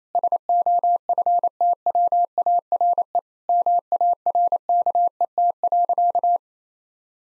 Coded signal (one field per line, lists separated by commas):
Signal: Morse code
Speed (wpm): 27 wpm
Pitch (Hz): 700 Hz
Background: none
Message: SOFTWARE MARKET.